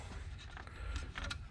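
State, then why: Not seated. A supplied metal threaded clip is handled over an empty hole in the engine computer bracket on the passenger side of a 2022-2026 Subaru BRZ / Toyota GR86 2.4L during an oil separator install. Light metallic taps and clicks are heard over a low background rumble, but nothing has seated or clicked into the hole yet.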